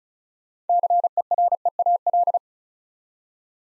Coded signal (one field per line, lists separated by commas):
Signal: Morse code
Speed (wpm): 36 wpm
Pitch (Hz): 700 Hz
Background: none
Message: CEREAL